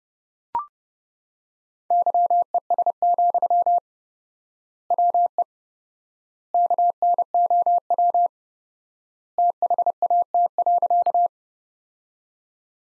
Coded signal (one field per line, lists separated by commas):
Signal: Morse code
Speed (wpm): 32 wpm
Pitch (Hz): 700 Hz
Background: none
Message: YES, WE KNOW THAT.